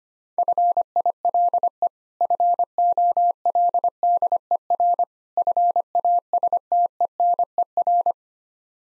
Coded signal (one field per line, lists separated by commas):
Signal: Morse code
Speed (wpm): 25 wpm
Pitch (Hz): 700 Hz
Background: none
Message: FILE FOLDER FASTENER